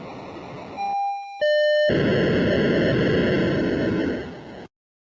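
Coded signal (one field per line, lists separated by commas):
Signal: POCSAG pager data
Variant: 1200 baud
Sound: brief tone, then a buzzy steady preamble, then about three seconds of harsh rasping data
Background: radio static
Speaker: this is on the S Wiki uh site and this is the sample from that I'm gonna play a couple of seconds and here's a sample of poxy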